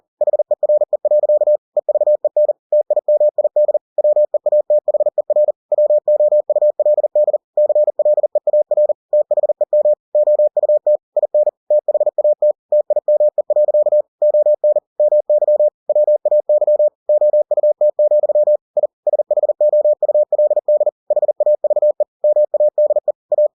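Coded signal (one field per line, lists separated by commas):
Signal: Morse code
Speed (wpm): 40 wpm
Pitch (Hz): 600 Hz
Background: none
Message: HERE. EVEN TIMID WEATHER WOULD CLEAR THEM OUT IN THAT TIME. ON MY WAY OUT, I SHOULD HAVE MADE A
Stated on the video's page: Book text converted to Morse by software at 40 WPM for head-copy practice.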